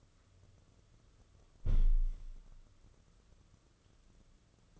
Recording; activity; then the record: daily activity, microphone in the room; close window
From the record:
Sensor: 4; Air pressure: 995.2 hPa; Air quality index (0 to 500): 190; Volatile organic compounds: 116 ppm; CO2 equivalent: 3854 ppm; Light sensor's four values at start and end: 5/10/4/4 and 4/9/3/4